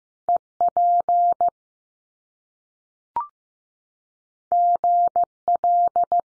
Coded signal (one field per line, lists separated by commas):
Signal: Morse code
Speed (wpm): 15 wpm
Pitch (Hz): 700 Hz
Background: none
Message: EP GL